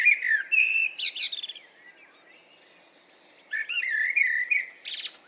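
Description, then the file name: Common blackbird song: fluty whistled notes with a sharp high squeak, a quiet gap of nearly two seconds, then another warbling phrase ending in a shrill flourish. "Turdus merula"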